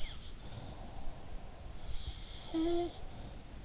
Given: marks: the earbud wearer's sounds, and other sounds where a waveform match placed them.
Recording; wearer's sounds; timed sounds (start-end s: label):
sounds in sleep by an in-ear microphone; breath
0.00-1.68 s: sound from someone else or the room
0.48-3.27 s: breath